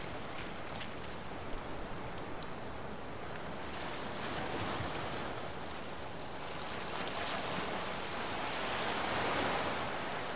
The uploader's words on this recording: Sea Cave Ocean Waves. The waves crash over rocks and fill the tide pools.